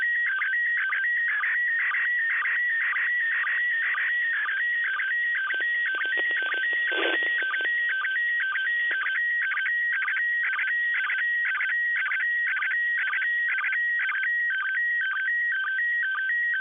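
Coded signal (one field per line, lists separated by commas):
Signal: SSTV (slow-scan television)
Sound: warbling, buzzy tone sweeping up and down, with short low clicks twice a second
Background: radio hiss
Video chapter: 04:41 두 번째 이미지 수신 / 06:47 두 번째 이미지 수신 완료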